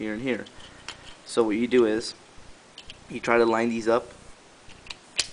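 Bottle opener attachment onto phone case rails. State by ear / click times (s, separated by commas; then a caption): seated / 5.2 s. A plastic bottle cap opener attachment is lined up on the rails of a silicone phone case for an iPhone 3G/S and pressed until it snaps and locks in place. Someone talks, with a few small ticks while the parts are aligned, then a sharp snap at 5.2 s as the opener seats securely.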